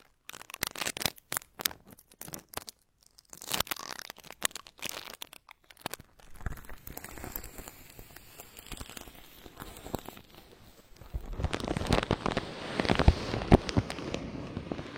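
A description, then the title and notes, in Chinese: Ear massage and ear-cleaning sounds. The first six seconds bring sharp, scattered crackles and taps with brief silences between, then a softer, steady rustle takes over, and from about eleven seconds a louder, dense scratchy rubbing fills the rest. 穿脑采耳酥麻耳部按摩。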